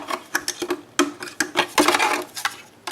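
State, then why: Seated. A blower unit is set onto the housing of an Aroma SAI AVC-2001 water vacuum cleaner and pressed down until it locks onto the base. A series of sharp taps and clatters is heard, with the strongest, sharpest hit at 1.0 s, when the blower locks into place.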